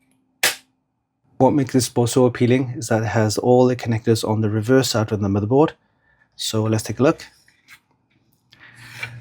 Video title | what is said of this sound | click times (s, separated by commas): Gigabyte B850 AORUS STEALTH ICE Motherboard - Feature-Rich, Affordable and offers Good Performance | Again, you line it up here and you uh slot it down with a nice click. | 0.4 s